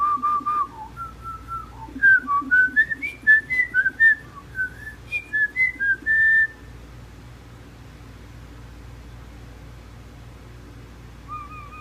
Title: European starlings are so good at mimicry, they can even do human speech.